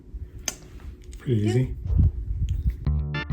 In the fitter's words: lightly and carefully pry the back plastic there to pop out the pin. See?